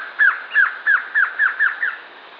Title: LuckyPassaro Completos2Sama. Glossy Antshrike (Sakesphorus luctuosus luctuosus (ssp assumed from location))